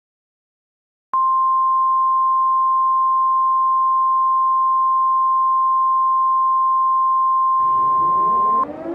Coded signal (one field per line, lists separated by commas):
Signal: Emergency Alert System (SAME) tones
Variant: 1050 Hz attention tone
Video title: The Last War: An EAS Scenario